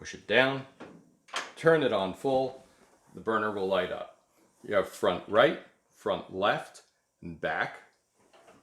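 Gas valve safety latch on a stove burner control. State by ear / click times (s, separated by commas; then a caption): not seated / none. Someone talks while handling a burner control knob on a vintage Chambers Model C gas stove, whose gas valve has a safety release latch. A faint, short sound comes near the very end at about 8.3 s. The knob has not yet been turned off, and the safety latch has not yet clacked into its locked position.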